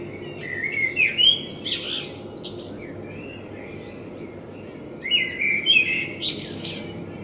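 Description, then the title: Common blackbird with two separate song phrases, each a whistled, melodious warble ending in a squeaky high twitter, with quiet between them. Binaural dummy-head recording with a self-built artificial head, made in front of the recordist's window; intended for headphone listening. "Kunstkopfaufnahme der Amsel vor meinem Fenster"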